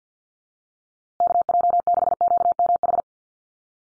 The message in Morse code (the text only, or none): KJ6QMH